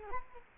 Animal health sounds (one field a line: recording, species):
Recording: mosquito wingbeat signal from an infrared sensor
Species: Culex quinquefasciatus